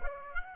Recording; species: mosquito wingbeat signal from an infrared sensor; Aedes aegypti